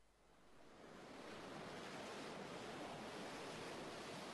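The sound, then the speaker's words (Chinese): A roaring waterfall on the Yellow River in China: dense, hissing rush of falling water that swells up over the first second, then holds a loud, steady, unbroken roar. No voices. “黄河五口瀑布”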